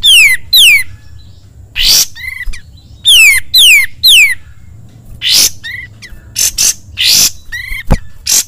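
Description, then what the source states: Sooty-headed bulbul song: pairs of downward-sweeping whistles with scratchy bursts between, then more scratchy bursts and short chirps near the end. Masteran (training song) of the kapas tembak.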